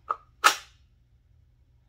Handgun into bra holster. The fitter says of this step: you're going to hear it click it's